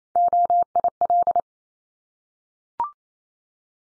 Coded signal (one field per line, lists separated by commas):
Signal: Morse code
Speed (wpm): 28 wpm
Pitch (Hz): 700 Hz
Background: none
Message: OIL